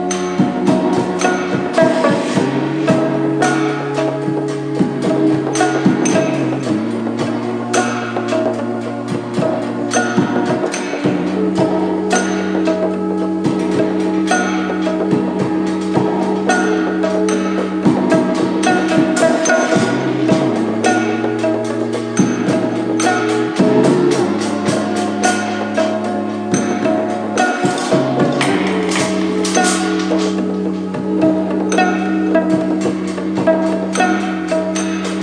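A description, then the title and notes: Humming with steady held low notes that shift pitch every few seconds, over constant tapping and knocking on various things on a back porch. Hitting various things on my back porch and humming.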